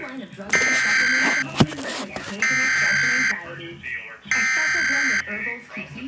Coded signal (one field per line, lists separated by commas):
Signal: Emergency Alert System (SAME) tones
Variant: header bursts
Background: speech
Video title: EAS: Pennsylvania Required Monthly Tests (11/19/20)(EAS #511-518)